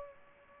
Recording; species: mosquito wingbeat signal from an infrared sensor; Culex pipiens